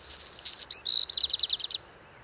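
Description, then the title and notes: Black redstart song: scratchy crackling opening, a short whistle, then a run of several rapid, evenly spaced notes. First black redstart of the season, singing early in the morning on 19 March 2019 at Val Maravel, Drôme, France, perched atop a large lime tree; crumpled song; recorded with a parabolic dish. "Val Maravel - Drôme. chant du Rouge-queue noir"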